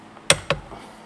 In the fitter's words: on to the wheel, and then turn this until you hear a click.